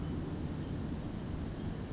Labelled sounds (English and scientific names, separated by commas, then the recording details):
Blue-gray Gnatcatcher (Polioptila caerulea)
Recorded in Sonoma County, California